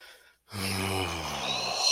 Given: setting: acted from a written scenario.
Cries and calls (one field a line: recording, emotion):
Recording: vocal sound without words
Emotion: ecstasy